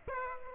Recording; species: mosquito wingbeat signal from an infrared sensor; Aedes aegypti